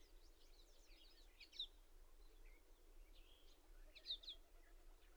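Bird chirps: faint, scattered short high notes, a few brighter than the rest, over steady background noise.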